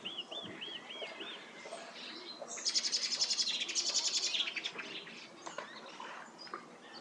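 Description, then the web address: Common chaffinch song: a bright, descending series of rapid trilled phrases lasting about two seconds and ending in a flourish, preceded by another bird's repeated arched whistles. "Deverinetal 2025 File origin Bird Only Fr Co"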